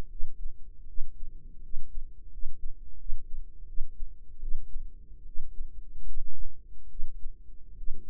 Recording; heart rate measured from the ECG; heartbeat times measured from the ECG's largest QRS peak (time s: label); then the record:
heart sounds by microphone in the right ear; 78 bpm
0.07 s: heartbeat
0.84 s: heartbeat
1.59 s: heartbeat
2.28 s: heartbeat
2.96 s: heartbeat
3.64 s: heartbeat
4.38 s: heartbeat
5.23 s: heartbeat
6.03 s: heartbeat
6.87 s: heartbeat
7.74 s: heartbeat
From the record:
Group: healthy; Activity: rest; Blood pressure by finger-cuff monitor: 123/72 mmHg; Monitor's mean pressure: 88 mmHg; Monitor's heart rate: 77 bpm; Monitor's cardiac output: 7.1 L/min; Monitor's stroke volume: 90 mL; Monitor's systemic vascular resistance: 930 dyn s/cm5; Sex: female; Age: 23 years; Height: 160 cm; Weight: 50.4 kg